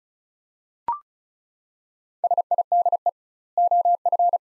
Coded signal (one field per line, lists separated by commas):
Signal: Morse code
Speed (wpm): 36 wpm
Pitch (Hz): 700 Hz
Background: none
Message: SIDE OF